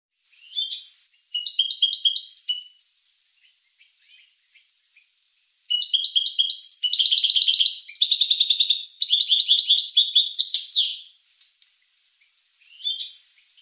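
Finch song: a short burst and a brief phrase, then a long, loud, rapid buzzy trilling phrase lasting about five seconds, and a brief burst at the end.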